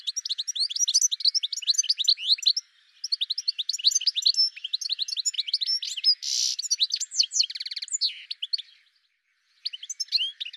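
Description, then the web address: Bird singing long runs of rapid, high chirping notes with a buzzy burst and trill, a short gap, then more chirps. "cianscape birddata Deverinetal 2025 Bird Ca Ca Ca Ca"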